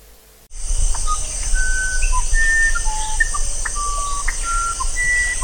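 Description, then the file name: Musician wren singing a sequence of pure, flute-like whistles stepping between higher and lower pitches, starting after a brief quiet moment, with a constant shrill hum behind. "strzyżoń muzykalny"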